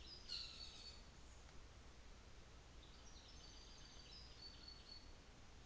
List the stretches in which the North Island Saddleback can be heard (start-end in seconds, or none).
0.23-1.22